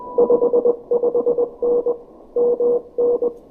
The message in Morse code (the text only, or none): 55N MN